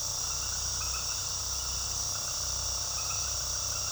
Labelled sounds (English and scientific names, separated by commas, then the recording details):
none
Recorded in pastures near Puerto Asís, Putumayo, Colombia, on 21 February 2024 at 21:00
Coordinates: 0.486, -76.323
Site G6462